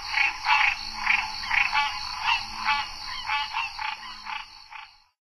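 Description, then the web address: Green treefrog giving nasal, honking notes, about two each second in a steady run that fades near the end, with a faint low hum beneath. North America. "Songs of Frogs Toads of North America. Green Treefrog"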